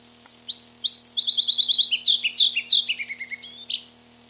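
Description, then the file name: Red-breasted flycatcher song: high sweet notes speeding into a rapid trill, then slower falling paired notes ending in a descending run, with a low steady hum beneath. "Mparva"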